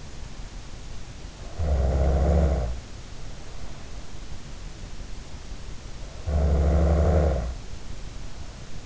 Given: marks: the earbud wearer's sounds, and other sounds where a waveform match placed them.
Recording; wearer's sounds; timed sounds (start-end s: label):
sounds in sleep by an in-ear microphone; snoring breath
1.48-4.00 s: snoring breath
6.02-8.86 s: snoring breath